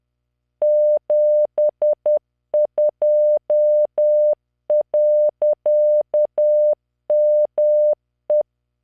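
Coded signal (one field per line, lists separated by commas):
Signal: Morse code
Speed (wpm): 10 wpm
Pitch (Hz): 600 Hz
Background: none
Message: 72.ME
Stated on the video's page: Morse practice generated by the Learning Morse V.0.83 training software at 10 WPM, 600 Hz tone, standard 3-dot spacing, random five-character groups.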